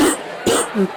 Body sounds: coughing mixed with background sound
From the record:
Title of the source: 60 coughing still (deep and wet cough)

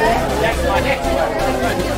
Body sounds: background sound without coughing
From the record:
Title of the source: Nightlife Party Simulating Party Club Noise 1 Hour

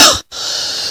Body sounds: coughing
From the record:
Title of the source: November cold (wet coughing)

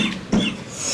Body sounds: coughing mixed with background sound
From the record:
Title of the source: Spring Cold Coughing 3

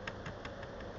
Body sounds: background sound without coughing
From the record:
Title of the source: wind

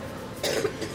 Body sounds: coughing mixed with background sound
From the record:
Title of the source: 55 gaggy wet cough

